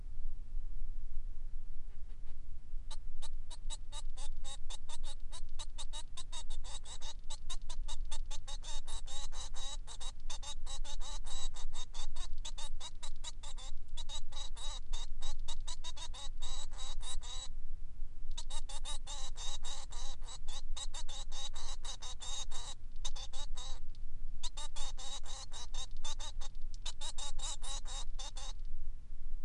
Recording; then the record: song of a male Bengalese finch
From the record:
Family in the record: son of father 3